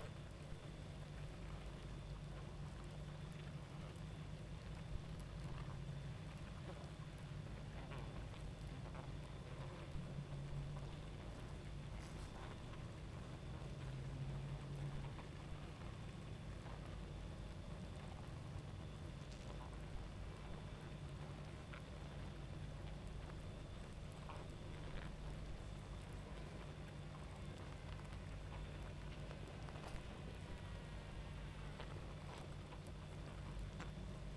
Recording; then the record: honeybee colony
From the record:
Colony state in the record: active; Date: 28 July 2017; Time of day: 23:38